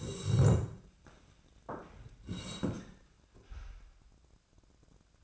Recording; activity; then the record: daily activity, microphone in the room; sit down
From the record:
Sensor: 2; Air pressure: 1012.1 hPa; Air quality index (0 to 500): 158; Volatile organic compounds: 2 ppm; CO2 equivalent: 1156 ppm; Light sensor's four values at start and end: 50/118/53/62 and 76/171/79/92